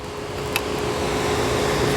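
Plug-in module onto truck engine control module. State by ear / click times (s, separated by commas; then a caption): seated / 0.6 s. A Range DFM plug-in module is slipped onto a truck's engine control module (ECM) and pressed in until it bottoms out, over a steady fan-like background hum. Its spring-loaded keeper slides in and pops out with a single sharp click at 0.6 s. The module is seated and firmly mounted on the ECM.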